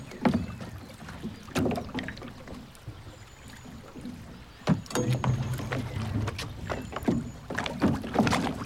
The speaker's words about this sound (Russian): Взяла весло и начала грести.